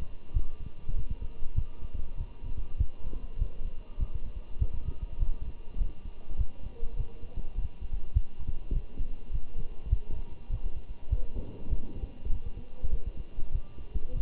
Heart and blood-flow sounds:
heart sounds by stethoscope; between the tricuspid and mitral areas; 100 bpm
0.34 s: heartbeat
0.96 s: heartbeat
1.56 s: heartbeat
2.18 s: heartbeat
2.78 s: heartbeat
3.39 s: heartbeat
4.00 s: heartbeat
4.59 s: heartbeat
5.19 s: heartbeat
5.79 s: heartbeat
6.38 s: heartbeat
6.97 s: heartbeat
7.56 s: heartbeat
8.14 s: heartbeat
8.73 s: heartbeat
9.32 s: heartbeat
9.90 s: heartbeat
10.50 s: heartbeat
11.10 s: heartbeat
11.70 s: heartbeat
12.30 s: heartbeat
12.91 s: heartbeat
13.52 s: heartbeat
14.14 s: heartbeat
From the record:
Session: walking at 3.7 km/h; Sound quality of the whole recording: good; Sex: male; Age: 23 years

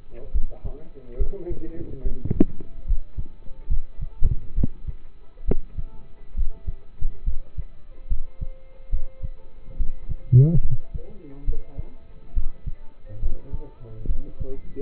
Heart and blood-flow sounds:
heart sounds by stethoscope; between the tricuspid and mitral areas; 70 bpm
0.32 s: heartbeat
1.17 s: heartbeat
2.02 s: heartbeat
2.85 s: heartbeat
3.68 s: heartbeat
4.54 s: heartbeat
5.45 s: heartbeat
6.34 s: heartbeat
7.24 s: heartbeat
8.08 s: heartbeat
8.90 s: heartbeat
9.77 s: heartbeat
10.61 s: heartbeat
11.45 s: heartbeat
12.34 s: heartbeat
13.20 s: heartbeat
14.07 s: heartbeat
From the record:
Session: rest, lying down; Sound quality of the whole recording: partially saturated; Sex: male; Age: 27 years

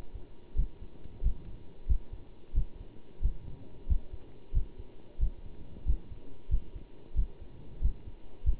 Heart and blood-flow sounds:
heart sounds by stethoscope; between the tricuspid and mitral areas; 91 bpm
0.56 s: heartbeat
1.22 s: heartbeat
1.88 s: heartbeat
2.54 s: heartbeat
3.22 s: heartbeat
3.88 s: heartbeat
4.53 s: heartbeat
5.19 s: heartbeat
5.86 s: heartbeat
6.50 s: heartbeat
7.15 s: heartbeat
7.81 s: heartbeat
8.45 s: heartbeat
From the record:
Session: bicycle stress test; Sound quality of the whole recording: good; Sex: male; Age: 27 years

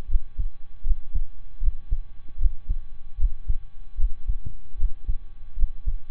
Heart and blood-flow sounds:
heart sounds by stethoscope; between the tricuspid and mitral areas; 77 bpm
0.05 s: heartbeat
0.81 s: heartbeat
1.58 s: heartbeat
2.36 s: heartbeat
3.15 s: heartbeat
3.95 s: heartbeat
4.75 s: heartbeat
5.53 s: heartbeat
From the record:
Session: slow and fast walking with breaks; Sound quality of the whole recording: saturated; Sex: male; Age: 25 years

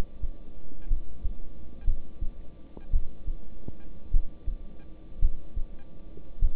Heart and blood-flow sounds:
heart sounds by stethoscope; between the tricuspid and mitral areas; 54 bpm
0.88 s: heartbeat
1.85 s: heartbeat
2.91 s: heartbeat
4.11 s: heartbeat
5.20 s: heartbeat
6.39 s: heartbeat
From the record:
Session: rest, lying down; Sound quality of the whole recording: good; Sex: male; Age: 26 years

